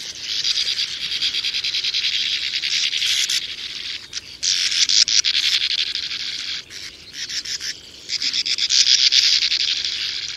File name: Brzegówka